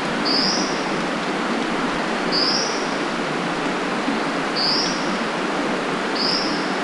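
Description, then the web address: Brown dipper calls, short sharp high rising notes repeated about every two seconds, four in all, over a steady loud rushing roar. Call of subspecies pallasii at Da Yao Shan, Guangxi. "Brown Dipper Ssp Pallasii Call 120201 Guangxi Da Yao Shan. cincle de pallas cinclus pallasii ssp pallasii"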